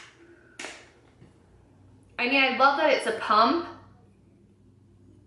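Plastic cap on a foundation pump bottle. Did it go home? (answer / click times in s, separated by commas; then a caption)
yes / 0.6 s. The plastic cap on a foundation pump bottle is pushed on and gives a single sharp click at 0.6 s as it locks into place. Quiet follows, then someone talks from about 2.2 to 3.8 s.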